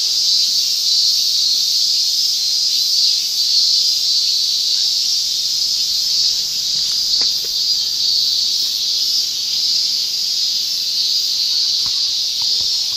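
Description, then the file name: Cicada buzzing in a steady, unbroken high drone that holds level throughout, with a few faint clicks underneath. "mushi cicada"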